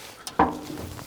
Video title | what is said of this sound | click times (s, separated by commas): 🪓 TimberOX Summit Log Splitter Owner's Manual & Review - American-Made Power for Homesteaders & Pros | And it just snaps into place there. | 0.4 s